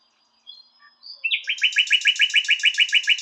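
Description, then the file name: Common nightingale song: a few quiet high whistles, then a note launching into a loud, rapid, evenly repeated series of rich notes. "Luscinia megarhynchos"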